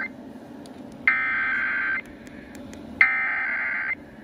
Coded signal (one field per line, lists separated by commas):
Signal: Emergency Alert System (SAME) tones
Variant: header bursts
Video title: KLLI 93.9 Automated Weekly Test (EAS #6843) 6/22/22